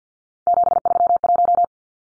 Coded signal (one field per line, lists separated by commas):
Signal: Morse code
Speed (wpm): 50 wpm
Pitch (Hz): 700 Hz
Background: none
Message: 731